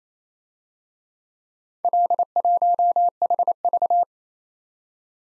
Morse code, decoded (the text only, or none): L1HV